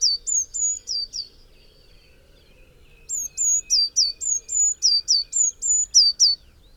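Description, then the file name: Eurasian Blue Tit calls in two runs, high piercing notes that alternate level and descending, roughly four per second, with a faint lower drawn-out note between runs. "Cyanistes caeruleus"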